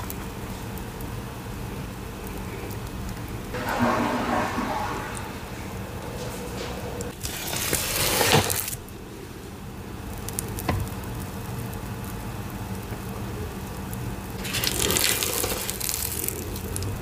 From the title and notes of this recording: Reforming my Black Hydrophobic Mixes + Black Cornstarch Crunchies. Water pouring sounds, ASMR paste play, recycled gym chalk powder.